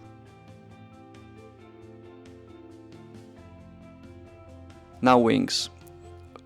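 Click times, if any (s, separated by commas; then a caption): 6.4 s. During a dry test fit of a MiniArt 48040 FW-190 D-9 plastic scale aircraft model kit, the plastic wing is pressed onto the fuselage over steady background music, and someone talks briefly around 5 seconds. Once the wing finds its correct position, it gives a small, sharp, satisfying click into place at 6.4 s, and the wing is seated.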